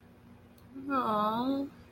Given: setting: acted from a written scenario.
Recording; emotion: vocal sound without words; romantic love